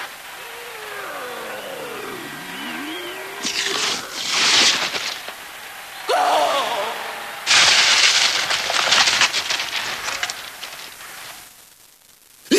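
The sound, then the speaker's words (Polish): A man rips apart three thick phone books in long, harsh tearing bursts of crackly noise, two main surges separated by a pause, with a voice talking faintly at the start. “Chce je podrzeć, nie do wiary.”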